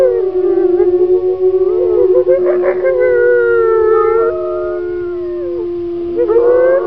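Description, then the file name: Wolf howling: long, steady, tonal notes held at one pitch, with a second voice rising and sliding over it in overlapping wavering howls, one more rising near the end. "Zvuki prirody Voy Volka"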